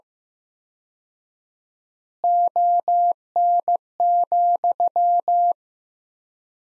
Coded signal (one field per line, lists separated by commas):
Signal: Morse code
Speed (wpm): 15 wpm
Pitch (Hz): 700 Hz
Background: none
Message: ON,